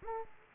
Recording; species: mosquito wingbeat signal from an infrared sensor; Culex quinquefasciatus